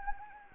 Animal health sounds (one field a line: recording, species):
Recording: mosquito wingbeat signal from an infrared sensor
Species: Anopheles gambiae